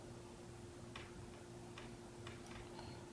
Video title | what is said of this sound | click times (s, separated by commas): HID Headlights Installation on the Yamaha FJR1300 | slide it in and it should click in and the | 1.0 s